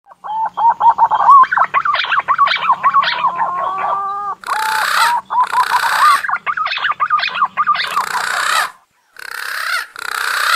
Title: BURUNG PUNAI GACOR UNTUK PIKAT DI ALAM